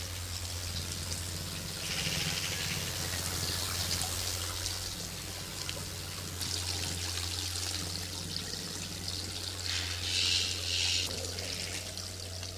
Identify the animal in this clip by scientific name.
Panthera pardus